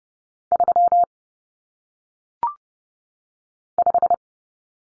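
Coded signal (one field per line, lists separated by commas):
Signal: Morse code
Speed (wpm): 30 wpm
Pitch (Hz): 700 Hz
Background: none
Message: 35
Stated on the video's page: Morse code practice of common single-digit cut numbers at 30 wpm, with T, A, N standing for 0, 1, 9, each sent, spoken, then sent again.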